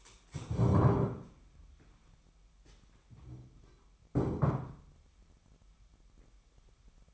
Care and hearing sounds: daily activity, microphone in the room; stand up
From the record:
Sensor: 1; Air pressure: 998.6 hPa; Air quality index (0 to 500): 122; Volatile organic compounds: 3 ppm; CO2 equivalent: 1457 ppm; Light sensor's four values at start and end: 11/26/11/13 and 11/28/11/14

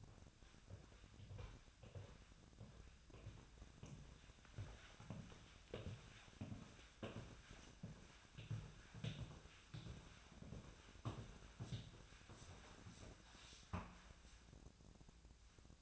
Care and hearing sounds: daily activity, microphone in the room; walk to room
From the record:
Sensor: 2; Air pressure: 1010.0 hPa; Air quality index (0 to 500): 175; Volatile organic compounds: 9 ppm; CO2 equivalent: 2191 ppm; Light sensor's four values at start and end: 36/89/38/43 and 34/83/36/40

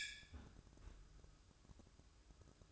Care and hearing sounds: daily activity, microphone in the room; close fridge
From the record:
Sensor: 2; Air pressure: 1007.6 hPa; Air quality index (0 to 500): 46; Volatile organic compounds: 1 ppm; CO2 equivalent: 556 ppm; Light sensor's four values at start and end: 11/26/11/11 and 11/26/11/11

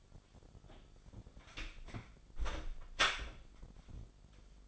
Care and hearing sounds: daily activity, microphone in the room; close door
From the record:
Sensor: 5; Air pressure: 1007.2 hPa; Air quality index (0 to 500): 170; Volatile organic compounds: 4 ppm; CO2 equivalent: 1628 ppm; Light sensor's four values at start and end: 56/157/61/61 and 55/156/61/61

